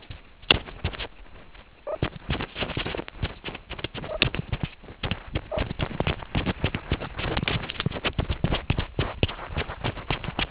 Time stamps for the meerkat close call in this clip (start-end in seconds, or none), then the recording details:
1.86-1.97, 4.08-4.17, 5.51-5.62. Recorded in the Kuruman River Reserve, South Africa. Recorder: an audio tag on a meerkat's collar